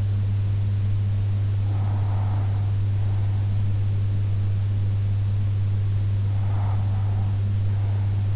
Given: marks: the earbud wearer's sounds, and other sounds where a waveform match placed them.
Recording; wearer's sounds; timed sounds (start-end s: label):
sounds in sleep by an in-ear microphone; breath
1.36-3.36 s: breath
6.36-8.36 s: breath